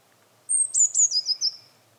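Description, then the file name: Eurasian blue tit with one short, high-pitched call phrase: a thin whistle sliding down into several quick, stuttered notes lasting just over a second. "Cyanistes caeruleus"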